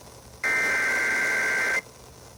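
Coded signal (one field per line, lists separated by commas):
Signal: Emergency Alert System (SAME) tones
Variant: header bursts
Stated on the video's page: Flash Flood Warning for Boone on FM 97.3.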